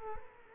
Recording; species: mosquito wingbeat signal from an infrared sensor; Aedes aegypti